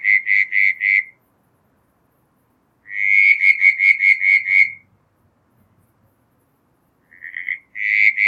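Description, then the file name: Southern brown tree frog calling in bursts of rapid, evenly spaced creaky pulses, each bout about one to two seconds long, separated by silent gaps. "Litoria ewingii"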